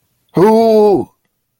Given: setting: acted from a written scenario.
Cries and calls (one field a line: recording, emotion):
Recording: vocal sound without words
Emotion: pain